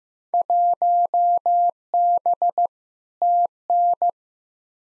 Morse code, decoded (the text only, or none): 1B TN